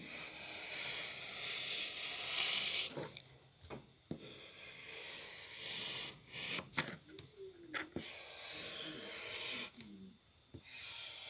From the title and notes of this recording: Here is just me drawing a picture!